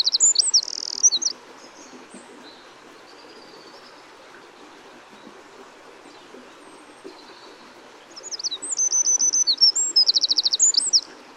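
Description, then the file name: Eurasian wren song: a loud, high, rapid burst of ringing notes and trills, a quiet pause of several seconds, then a second long rattling phrase. "Troglodytes troglodytes"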